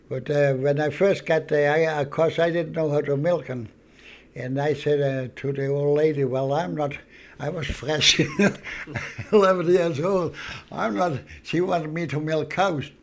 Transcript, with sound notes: when I first got there, of course, I didn't know how to milk them, and I said to the old lady, "Well, I'm not," I was fresh ( he laughs ) eleven years old. "I'm not," she wanted me to milk cows,